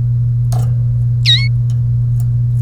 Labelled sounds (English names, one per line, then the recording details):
Domestic Canary song
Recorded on 1 May 2018 at 12:01
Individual llb3